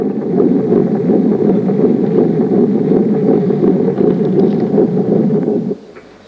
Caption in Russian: Запись сердцебиения эмбриона на сроке 8 недель и 2 дня.